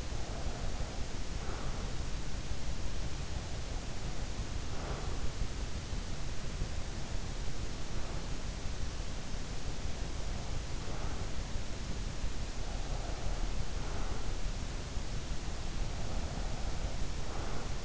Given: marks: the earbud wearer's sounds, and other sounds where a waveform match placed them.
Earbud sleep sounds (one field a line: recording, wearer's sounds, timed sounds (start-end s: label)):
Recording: sounds in sleep by an in-ear microphone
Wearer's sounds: breath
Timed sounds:
0.00-2.07 s: breath
3.60-5.35 s: breath
10.00-11.48 s: breath
12.29-14.29 s: breath
15.89-17.77 s: breath